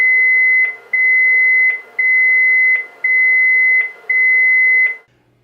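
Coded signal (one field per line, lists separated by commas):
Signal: beep code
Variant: Luna IP telecare unit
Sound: five evenly spaced steady high beeps, each under a second, with clicks between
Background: small room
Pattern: 5 long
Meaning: Five beeps mean the unit's initialisation failed or is incomplete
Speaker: Si le cycle d'initialisation est incomplet ou en défaut, le Luna IP n'émettra pas 3 mais 5 bips distinctifs.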